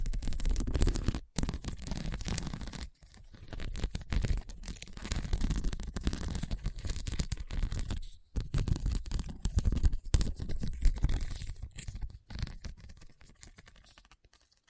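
Scratching across a hard, bumpy surface, a dense, rough rasping in bursts of a second or two. Short silent breaks split the strokes, near 1, 3, 8 and 12 seconds. The grating carries a low rumbling underneath and a scattering of brighter clicks.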